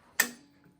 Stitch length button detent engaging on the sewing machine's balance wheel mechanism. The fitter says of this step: simply start off by pressing that button here and you turn the balance wheel until you hear a click